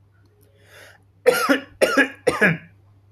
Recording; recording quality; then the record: heavy voluntary cough; excellent, no background noise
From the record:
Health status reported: healthy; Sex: male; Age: 21 years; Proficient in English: yes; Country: India